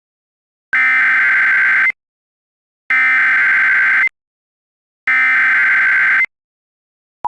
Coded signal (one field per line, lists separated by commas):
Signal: Emergency Alert System (SAME) tones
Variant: header bursts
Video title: EAS Mock: Waukesha's Twister Nightmare | #jerryspdstorchallenge submission